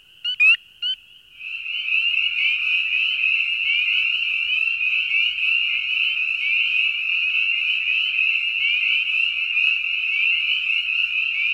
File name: Spring Peeper